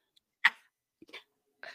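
A single sharp, forceful sneeze burst from an adult woman, followed by soft breathy exhalations; an ordinary sneeze.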